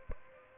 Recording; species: mosquito wingbeat signal from an infrared sensor; Aedes aegypti